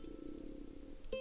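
Low, steady gurgling rumble lasting about a second: ordinary stomach rumbling (borborygmi) from an adult.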